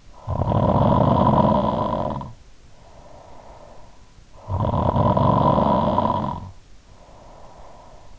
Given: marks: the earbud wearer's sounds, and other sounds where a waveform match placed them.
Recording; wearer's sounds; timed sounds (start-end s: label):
sounds in sleep by an in-ear microphone; snoring breath
0.20-3.97 s: snoring breath
4.50-8.19 s: snoring breath